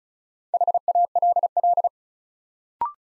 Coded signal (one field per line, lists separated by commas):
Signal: Morse code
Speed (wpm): 36 wpm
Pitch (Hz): 700 Hz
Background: none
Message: HALL